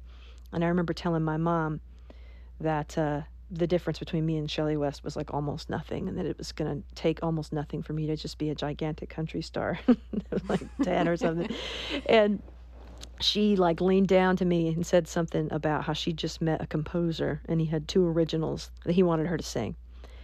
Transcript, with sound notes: And I remember telling my mom that the difference between me and Shelly West was, like, almost nothing and that it was going to take almost nothing for me to just be a gigantic country star...
(LAUGHTER)
...Like 10 or something. And she, like, leaned down to me and said something about how she just met a composer. And he had two originals that he wanted her to sing.